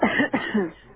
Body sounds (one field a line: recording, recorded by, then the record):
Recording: voluntary cough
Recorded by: telephone call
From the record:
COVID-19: positive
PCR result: checked with the laboratory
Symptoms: yes